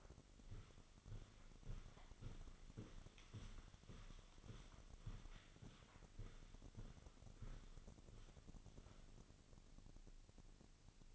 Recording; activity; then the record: daily activity, microphone in the room; walk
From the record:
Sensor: 4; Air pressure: 1010.1 hPa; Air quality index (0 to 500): 173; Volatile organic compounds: 2 ppm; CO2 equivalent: 1254 ppm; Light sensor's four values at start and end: 55/137/57/63 and 55/138/58/63